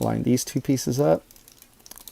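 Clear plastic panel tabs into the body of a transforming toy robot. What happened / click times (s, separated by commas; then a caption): Plastic parts handled and lined up, not yet seated / none. Someone talks while two clear plastic pieces of a Toyworld Coolsville transforming toy robot are lined up during its conversion to car mode, so that the clear plastic panel can tab into the robot's body. After the speech stops, faint small plastic handling ticks are heard from about 1.6 s to 2.1 s. Nothing has seated or clicked yet when the clip ends.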